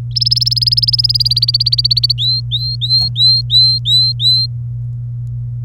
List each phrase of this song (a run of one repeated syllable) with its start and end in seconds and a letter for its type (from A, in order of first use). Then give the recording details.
0.16-2.12 A, 2.18-4.46 B. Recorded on 27 April 2018 at 07:30. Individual llb3